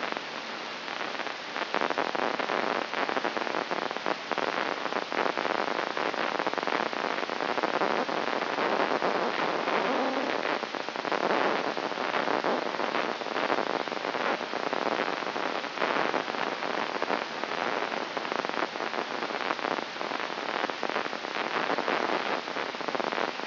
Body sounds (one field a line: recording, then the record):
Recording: brain microelectrode recording played as sound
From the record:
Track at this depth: inside the subthalamic nucleus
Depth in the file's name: 3.94 mm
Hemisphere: right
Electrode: 3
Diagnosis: Parkinson's disease